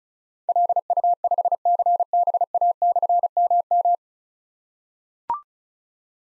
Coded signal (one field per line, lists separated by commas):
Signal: Morse code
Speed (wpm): 36 wpm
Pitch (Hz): 700 Hz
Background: none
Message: LU5CBA/MM